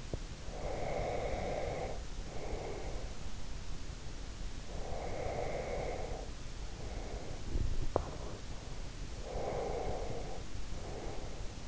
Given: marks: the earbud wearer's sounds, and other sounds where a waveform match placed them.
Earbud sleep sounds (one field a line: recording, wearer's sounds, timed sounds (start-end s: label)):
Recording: sounds in sleep by an in-ear microphone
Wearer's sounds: teeth grinding, breath, swallowing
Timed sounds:
0.00-0.30 s: teeth grinding
0.53-3.33 s: breath
4.68-7.51 s: breath
7.79-8.34 s: swallowing
9.17-11.68 s: breath